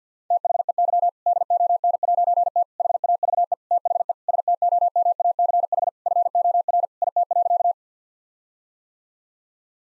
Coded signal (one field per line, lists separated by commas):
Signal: Morse code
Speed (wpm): 50 wpm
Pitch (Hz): 700 Hz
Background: none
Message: THEY DON'T HAVE THE STOMACH FOR IT.